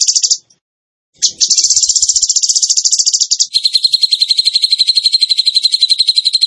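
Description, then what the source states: Bird trill: a short high burst, a pause, then a long rapid buzzing trill that drops slightly in pitch partway through and carries on evenly. Bird song in the tembakan gacor style, used as masteran (training for other birds).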